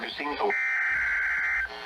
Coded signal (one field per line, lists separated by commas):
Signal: Emergency Alert System (SAME) tones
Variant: header bursts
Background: speech